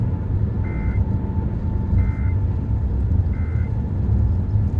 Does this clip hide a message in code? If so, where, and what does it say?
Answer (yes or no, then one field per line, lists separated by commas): no